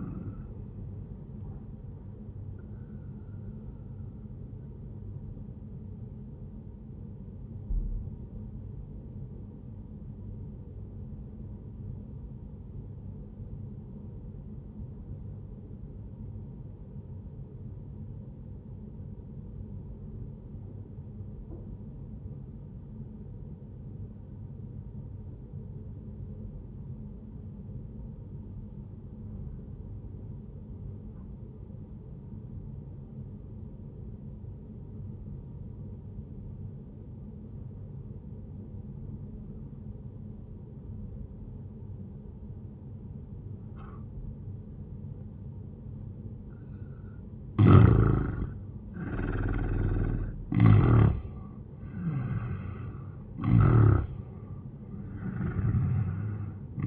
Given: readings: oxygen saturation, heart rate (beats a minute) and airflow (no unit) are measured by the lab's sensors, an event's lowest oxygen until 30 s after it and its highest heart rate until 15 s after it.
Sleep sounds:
breathing in sleep by a smartphone at the bedside; 1
8.00-47.10 s: obstructive apnea (N1, oxygen 98% highest, then 88% lowest)
From the record:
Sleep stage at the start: N1 (lightest sleep); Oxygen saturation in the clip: 89 to 98%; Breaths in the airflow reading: 3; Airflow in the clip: -10.8 to 11.3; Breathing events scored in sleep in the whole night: 131 in 7.2 hours asleep

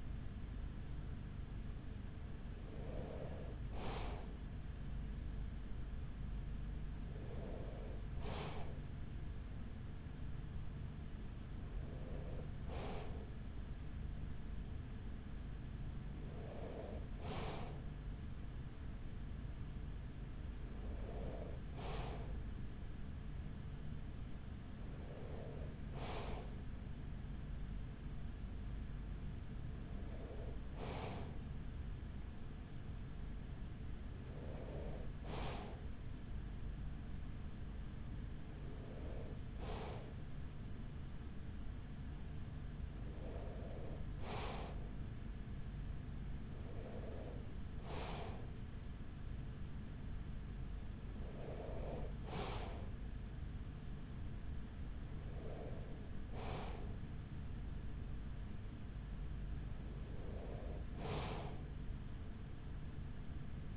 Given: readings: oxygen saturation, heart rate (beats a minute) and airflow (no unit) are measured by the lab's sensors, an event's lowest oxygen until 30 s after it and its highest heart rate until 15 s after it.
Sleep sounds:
breathing in sleep by a smartphone at the bedside; none
none scored
From the record:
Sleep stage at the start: N2 (light sleep); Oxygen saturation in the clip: 94%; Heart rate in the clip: 41 to 45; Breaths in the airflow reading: 14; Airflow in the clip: -7.8 to 6.0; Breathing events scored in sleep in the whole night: 207 in 7.6 hours asleep

